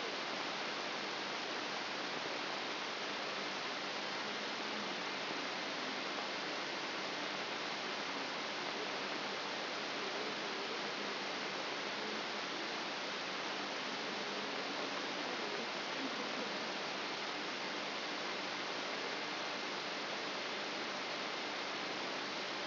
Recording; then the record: brain microelectrode recording played as sound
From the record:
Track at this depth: inside the subthalamic nucleus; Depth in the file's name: 5.301 mm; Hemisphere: left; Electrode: 3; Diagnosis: Parkinson's disease